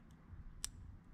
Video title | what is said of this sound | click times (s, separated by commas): Just Bus'n and Adventures with the Thompsons Episode16 - Rear LED Lights, Custom Covers & Wiring | for the little click that means they're locked in | 0.6 s